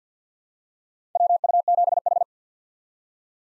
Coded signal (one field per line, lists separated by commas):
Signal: Morse code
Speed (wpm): 48 wpm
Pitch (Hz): 700 Hz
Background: none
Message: WU7H